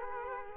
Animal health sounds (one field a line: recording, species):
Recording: mosquito wingbeat signal from an infrared sensor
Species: Culex quinquefasciatus